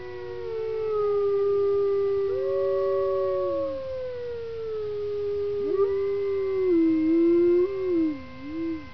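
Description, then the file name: Wolf howls, smooth drawn-out tones that rise, hold and fall away, with a second voice joining and wavering toward the end. "Zvuki prirody Voy Volka"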